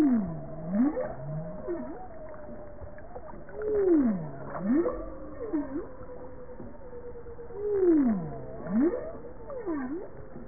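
Bowhead whale calls: U-shaped moans sweeping down then up, each followed by a shorter dipping note, repeated about every four seconds, with other faint tonal calls overlapping.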